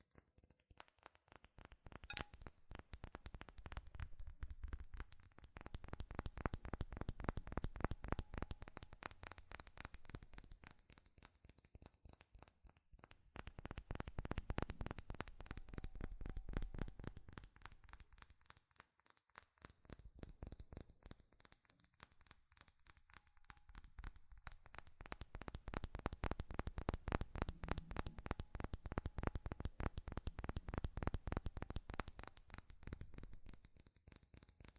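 Rapid, dense tapping on metal runs through the whole stretch, a quick stream of sharp clicks with no pauses. The loudness swells and eases in waves, strongest around 1–4, 13–17 and 25–32 seconds, with a faint thin tone sometimes sounding underneath.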